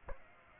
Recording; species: mosquito wingbeat signal from an infrared sensor; Aedes aegypti